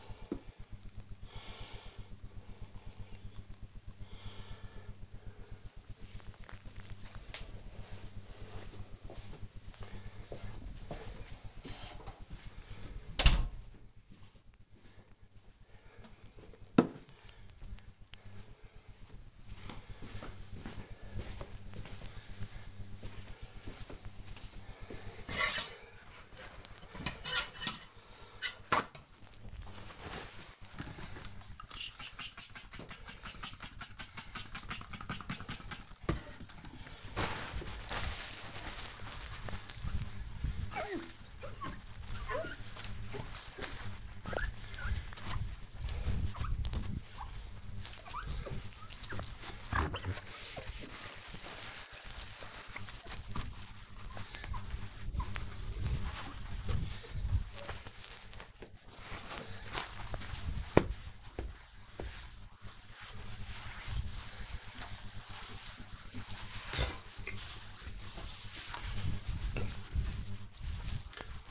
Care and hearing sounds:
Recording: household activities, microphone on the right wrist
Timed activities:
0.00-6.40 s: watering plant
25.53-71.51 s: window cleaning

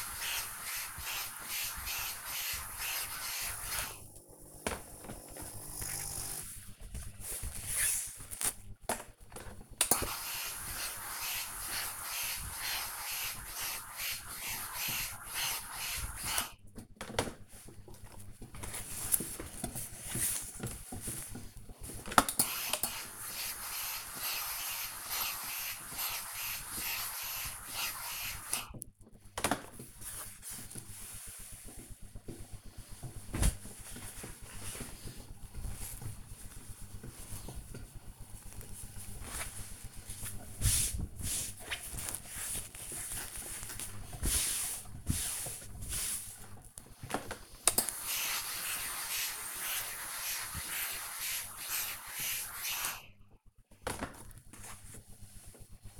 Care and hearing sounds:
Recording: household activities, microphone on the right wrist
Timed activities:
0.00-56.00 s: ironing laundry

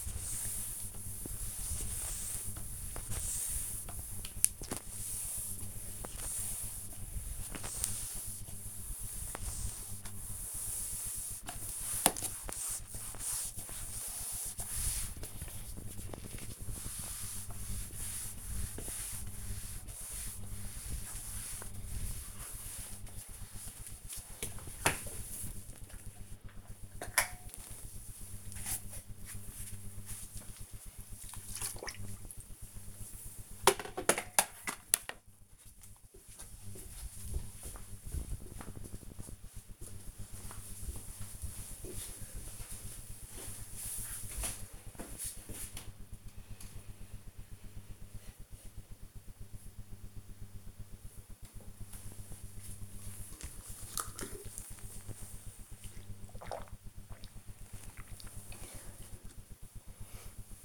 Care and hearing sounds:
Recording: household activities, microphone on the right wrist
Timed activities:
0.00-31.01 s: floor cleaning
51.15-60.65 s: drinking

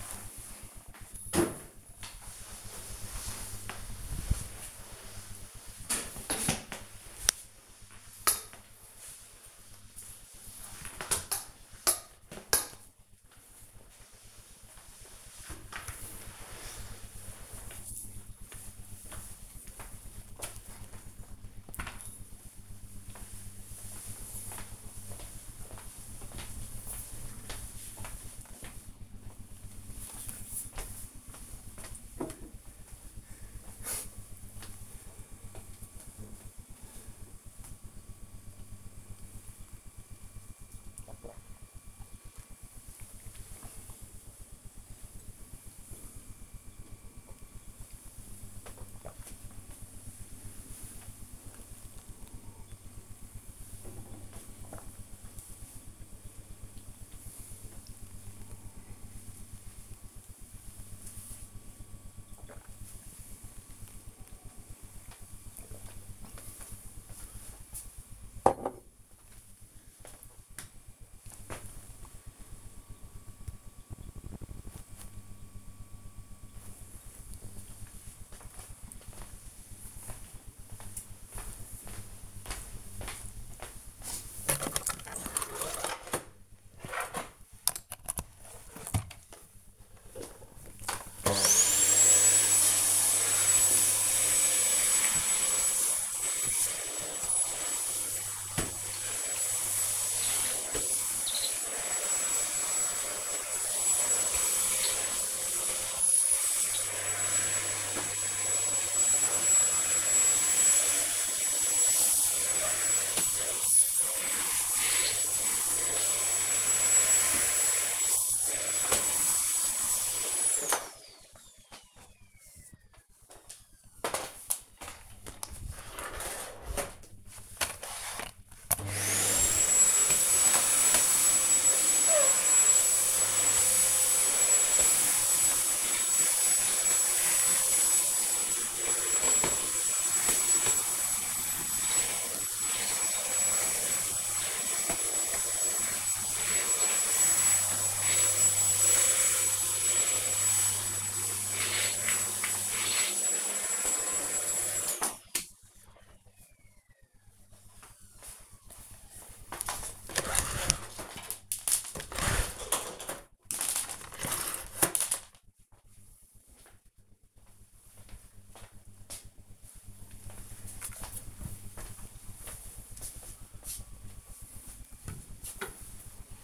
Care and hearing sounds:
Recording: household activities, microphone on the right wrist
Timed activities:
0.00-19.66 s: floor cleaning
33.73-64.96 s: drinking
88.09-157.54 s: vacuum cleaning
173.62-176.44 s: putting away the dishes

